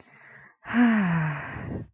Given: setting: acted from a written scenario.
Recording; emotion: vocal sound without words; romantic love